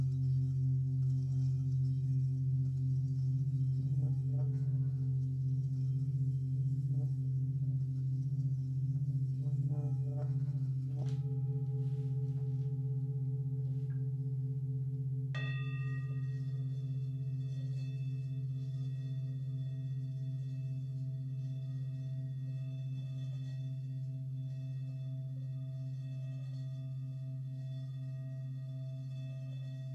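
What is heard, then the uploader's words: A Himalayan singing bowl rings with a deep, steady hum and a warbling pulse through the first ten seconds. Around 11 and 15 seconds fresh strikes add brighter, higher tones above the drone, and everything then fades slowly and evenly to the end. A Himalayan Bowl Meditation.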